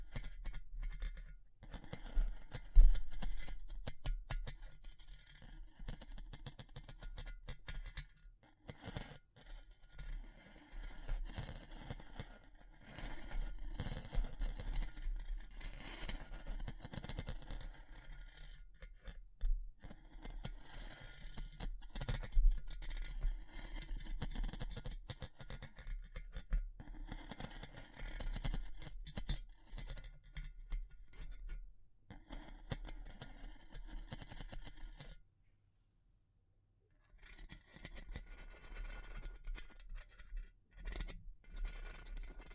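Wood, bamboo and straw being handled, with dense, irregular scratching, rustling and light tapping that crackles on almost without pause. A steady low hum sits underneath throughout. Near the end the sounds stop briefly, then resume more sparsely.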